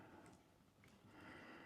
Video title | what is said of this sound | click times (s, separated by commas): DJI Avata 2 How to fit a filter #shaunthedrone #freewell | Now this time it didn't click. | none